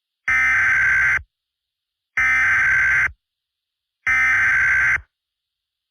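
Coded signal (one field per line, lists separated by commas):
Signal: Emergency Alert System (SAME) tones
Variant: header bursts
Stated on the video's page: Mock, simulated Severe Thunderstorm Warning EAS alert.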